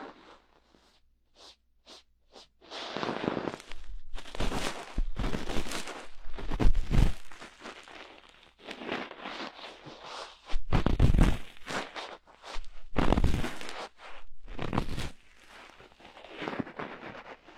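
A cotton swab cleans inside an ear. A few sharp, separate clicks open the first two seconds, then come dense bursts of scratchy rubbing and crackling, swelling and stopping every second or two, with brief quiet gaps between strokes.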